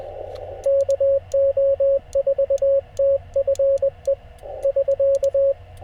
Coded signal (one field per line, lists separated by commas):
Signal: Morse code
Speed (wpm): 20 wpm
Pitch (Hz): 550 Hz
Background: radio noise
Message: KO4TFE <SK>